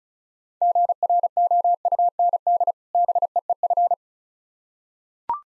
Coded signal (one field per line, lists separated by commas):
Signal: Morse code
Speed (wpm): 36 wpm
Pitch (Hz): 700 Hz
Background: none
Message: GROUND BEEF